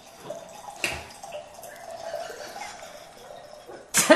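A drink is topped up into a glass with a bubbling, gurgling trickle whose pitch shifts as it fills, opening with a sharp clink and ending in a louder burst of noise.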